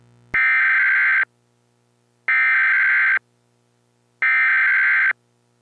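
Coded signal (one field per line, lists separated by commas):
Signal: Emergency Alert System (SAME) tones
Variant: header bursts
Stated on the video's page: Mock EAS scenario recreating a 1998 New York EAS test at EAS's debut, demonstrating the new system.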